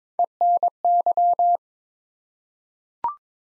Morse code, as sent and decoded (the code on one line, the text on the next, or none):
. -. -.--
ENY